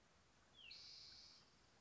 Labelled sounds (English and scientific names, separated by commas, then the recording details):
Spotted Towhee (Pipilo maculatus)
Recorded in Sonoma County, California